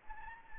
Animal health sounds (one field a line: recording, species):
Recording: mosquito wingbeat signal from an infrared sensor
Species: Anopheles arabiensis